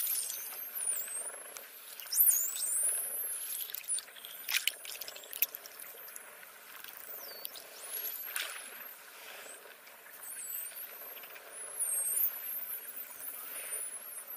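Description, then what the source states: Dolphin whistles: frequent high swooping and looping squeals, with sharp click bursts and a crackling underwater background. Voices with whistles.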